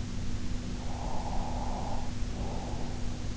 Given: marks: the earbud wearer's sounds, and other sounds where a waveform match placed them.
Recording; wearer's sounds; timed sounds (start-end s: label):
sounds in sleep by an in-ear microphone; breath
0.82-3.02 s: breath